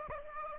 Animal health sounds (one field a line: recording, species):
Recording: mosquito wingbeat signal from an infrared sensor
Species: Aedes aegypti